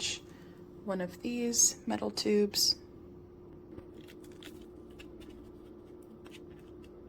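Someone talks briefly, then the metal extension tube of a Hoover PortaPOWER lightweight vacuum cleaner is handled and lined up one-handed with the vacuum cleaner body before being pushed home. Only faint taps are heard, around 4.1, 4.5, 5.0, 6.3 and 6.8 seconds, over a steady low hum. Nothing has locked into place yet.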